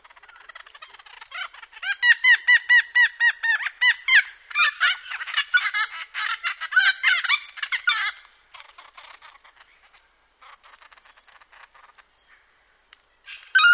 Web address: vaswhite. noisy friar bird